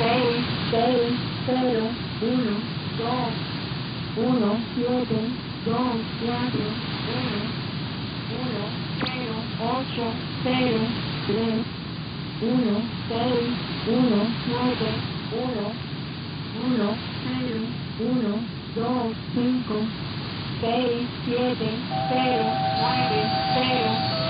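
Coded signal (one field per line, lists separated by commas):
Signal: numbers station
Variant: HM01, Spanish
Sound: spanish voice reading evenly spaced digit groups over hissy shortwave noise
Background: radio static, interfering station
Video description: HM01 is a Cuban number station that is targeted toward the US. It is a spanish speaking station.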